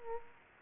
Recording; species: mosquito wingbeat signal from an infrared sensor; Culex quinquefasciatus